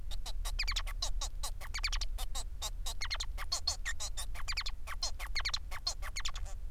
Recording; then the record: song of a male Bengalese finch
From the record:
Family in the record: son of father 4